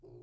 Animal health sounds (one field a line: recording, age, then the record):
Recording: pig call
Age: weaner (32 to 43 days)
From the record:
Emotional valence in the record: negative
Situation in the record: restrain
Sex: male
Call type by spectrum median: low-frequency call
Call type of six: low-frequency stable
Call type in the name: low-frequency stable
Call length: 0.23 s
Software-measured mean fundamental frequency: 51 Hz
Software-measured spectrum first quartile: 126 Hz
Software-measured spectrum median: 308 Hz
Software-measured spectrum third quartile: 406 Hz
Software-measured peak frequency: 371 Hz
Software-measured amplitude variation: 123 dB a second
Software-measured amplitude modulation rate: 17.5 a second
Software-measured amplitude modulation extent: 7.0 dB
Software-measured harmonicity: 2.5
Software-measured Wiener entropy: 0.93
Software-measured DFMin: 1324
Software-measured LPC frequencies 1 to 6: 373, 2470, 4322, 4823, 8465, 10074 Hz